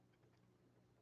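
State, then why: Not seated. A small matching motor part on the other side of a Tyco 440-X2 HO slot car motor is started into the chassis by finger, ready to be seated with needle nose pliers. Only a low, steady hum with faint ticking is heard, with no sharp sounds. Nothing has seated or clicked yet.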